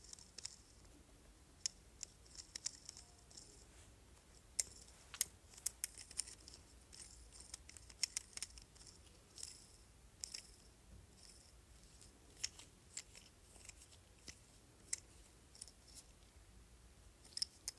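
A jade roller rolls and clicks in quick, irregular bursts of small bright ticks and taps over a low, soft hiss throughout.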